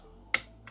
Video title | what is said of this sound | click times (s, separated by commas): ORICO IG740-PRO PCIe 4.0 NVME SSD : How To Install and Benchmarking speeds up to 7,450MB/s | A nice little click. | 0.3 s